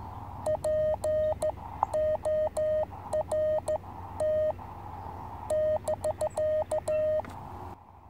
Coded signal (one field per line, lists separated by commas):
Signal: Morse code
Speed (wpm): 14 wpm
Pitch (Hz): 620 Hz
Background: none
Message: PORT <BK>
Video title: Sunny Afternoon QRP Radio on 30m With 2W & 17ft Antenna.